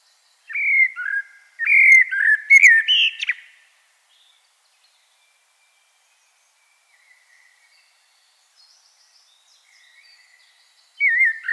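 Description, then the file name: Common blackbird song: one full fluted phrase with a twittered ending, a pause with faint high calls, then the start of another phrase. "Turdus merula"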